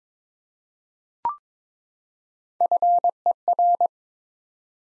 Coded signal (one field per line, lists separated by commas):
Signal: Morse code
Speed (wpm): 22 wpm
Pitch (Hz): 700 Hz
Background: none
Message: FER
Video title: Top 20 QSO Elements 22wpm